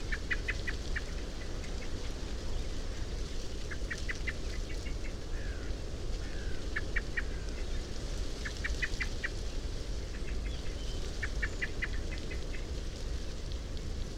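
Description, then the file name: Common blackbird calls: repeated clusters of sharp clicking chinks throughout, a few softer slurred notes between, with low steady rumble. "Turdus merula"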